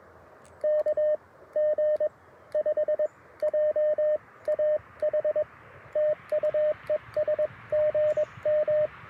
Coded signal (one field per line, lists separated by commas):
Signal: Morse code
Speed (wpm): 22 wpm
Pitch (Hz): 610 Hz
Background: radio noise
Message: KG5JAH TU ES GM